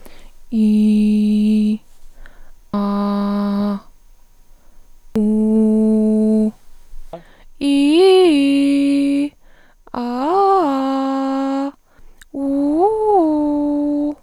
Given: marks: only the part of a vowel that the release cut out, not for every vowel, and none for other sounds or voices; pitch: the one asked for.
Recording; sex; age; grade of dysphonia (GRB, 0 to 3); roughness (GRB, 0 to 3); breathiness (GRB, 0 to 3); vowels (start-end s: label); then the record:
sustained vowels; female; 30 to 39 years; 2; 2; 1
0.58-1.69 s: vowel /i/, low pitch
2.77-3.72 s: vowel /a/, low pitch
5.20-6.45 s: vowel /u/, low pitch
7.68-9.20 s: vowel /i/, low-high-low pitch
10.01-11.61 s: vowel /a/, low-high-low pitch
12.47-14.06 s: vowel /u/, low-high-low pitch
From the record:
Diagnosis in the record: arytenoid dislocation, hyperfunctional dysphonia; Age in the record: 31 years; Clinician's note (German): Zustand danach mit Reposition und ausgeprägter Hyperfunktion